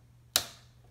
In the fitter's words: place so you hear that little click back